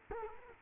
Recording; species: mosquito wingbeat signal from an infrared sensor; Culex quinquefasciatus